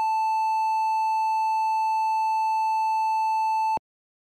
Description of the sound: Heart Monitor Beep.